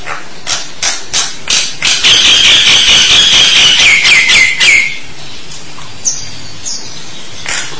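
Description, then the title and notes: Starling rattle: sharp clicks that speed into a dense buzzy rattle with a wavering whistle over it, then stop, leaving a few scattered chirps. "suara burung jalak"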